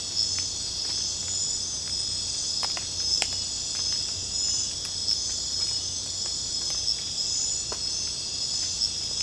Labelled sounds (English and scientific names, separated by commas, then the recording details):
none
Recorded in secondary vegetation near Puerto Asís, Putumayo, Colombia, on 22 December 2024 at 20:30
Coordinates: 0.499, -76.323
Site G010